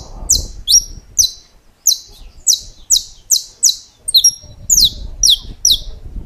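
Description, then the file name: Saffron finch song: a quick series of sharp, high, downward-sweeping chirps, some doubled, repeated about twice a second, with faint low rumble between notes. "Canto-do-Canário-da-Terra"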